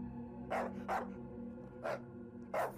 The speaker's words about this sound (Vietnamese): Đột nhiên con Tuyền từ bên ngoài chạy vào sủa lên.